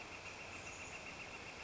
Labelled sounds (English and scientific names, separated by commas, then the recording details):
Northern Flicker (Colaptes auratus)
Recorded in Sonoma County, California